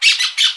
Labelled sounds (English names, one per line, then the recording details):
Brown-throated Parakeet contact call
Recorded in Aruba
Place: Cunucu Arikok, S side of Ceru Arikok
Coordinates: 12.502, -69.950